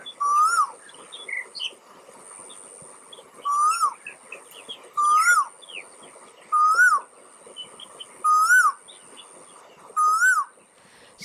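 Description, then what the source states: Asian Koel giving six loud, ringing notes that rise and fall, spaced about every two seconds, with high twittering and a constant shrill background tone. In China named after the call's sound; call starts soft and low, growing louder, higher and more ringing.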